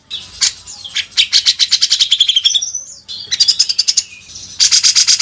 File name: suara burung cucak jenggot jernih